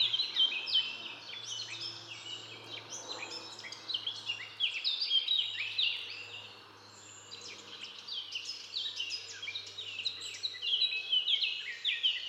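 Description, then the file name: Marsh tit calls: dense, high, chirping notes, sharp and rapidly repeated, overlapping throughout with a short lull midway and a faint low hum beneath. "Poecile palustris"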